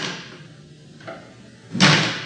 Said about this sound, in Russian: Странно, мне показалось, что дверь хлопнула.